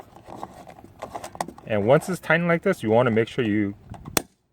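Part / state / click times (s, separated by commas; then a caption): fuel filler cap onto fuel filler neck / torque reached / 4.2 s. A plastic fuel filler cap is turned onto the fuel filler neck past snug until its ratchet clutch clicks, which is meant to be kept going until at least three clicks are heard. Someone talks, while small handling ticks sound early on. A sharp ratchet click lands at 4.2 seconds, showing the cap is tight.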